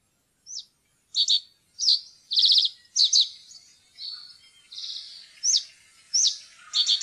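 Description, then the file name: Common reed bunting song: crisp high downslurred chirps alternating with short stuttering buzzes, roughly one or two notes each second. "sivspurv"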